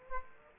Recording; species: mosquito wingbeat signal from an infrared sensor; Aedes aegypti